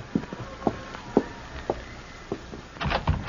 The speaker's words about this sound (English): And don't open that door so wide, you'll blow the lamp out.